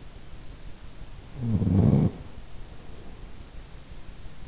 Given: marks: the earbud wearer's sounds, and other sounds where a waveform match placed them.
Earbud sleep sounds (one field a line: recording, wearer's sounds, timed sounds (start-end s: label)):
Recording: sounds in sleep by an in-ear microphone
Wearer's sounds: snoring breath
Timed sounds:
0.95-2.88 s: snoring breath